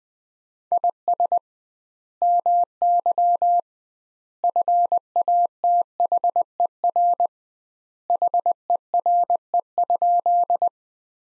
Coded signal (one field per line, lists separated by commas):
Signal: Morse code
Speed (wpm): 20 wpm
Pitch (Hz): 700 Hz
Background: none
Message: IS MY FATHER HERE?